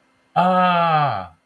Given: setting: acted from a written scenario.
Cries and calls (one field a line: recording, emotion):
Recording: vocal sound without words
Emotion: awe